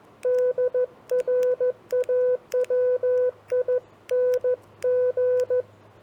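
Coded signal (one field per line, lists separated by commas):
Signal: Morse code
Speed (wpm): 14 wpm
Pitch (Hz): 500 Hz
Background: none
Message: DRAWING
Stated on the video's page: CW copy practice of common phrases, sent on a TR45L or Elecraft KX2 with paddle keys, MC-750 vertical whip, battery powered.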